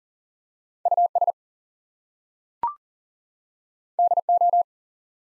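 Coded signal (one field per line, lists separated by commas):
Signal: Morse code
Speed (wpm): 40 wpm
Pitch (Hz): 700 Hz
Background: none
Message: US DO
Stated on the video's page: Two-letter words in Morse code at 40 wpm for head-copy practice, each sent twice.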